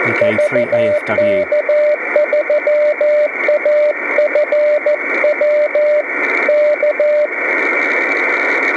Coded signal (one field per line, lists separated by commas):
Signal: Morse code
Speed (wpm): 14 wpm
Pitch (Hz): 600 Hz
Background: speech, radio noise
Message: VK3AFW K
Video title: Receiving 144 MHz SSB on a RTL2832 SDR dongle: How good?